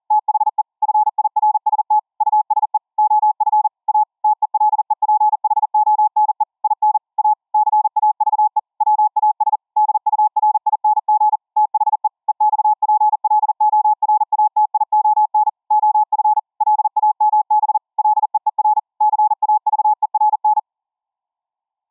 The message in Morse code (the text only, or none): THE FIRST USE OF A TELEPHONE IN A CAVE WAS DURING THE EXPLORATION OF LAMB LEER CAVERN